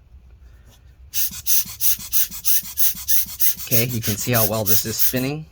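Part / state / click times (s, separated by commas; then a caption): fan rotor into laptop fan housing / not seated / none. A loose plastic fan rotor sitting in the fan housing of an HP Pavilion 15-CS0053Cl laptop is spun and cleaned with an air blower, producing a steady series of rhythmic hissing, rasping bursts from about 1.1 seconds onward while someone talks. The rotor is not snapped into the housing yet, so nothing has seated or clicked.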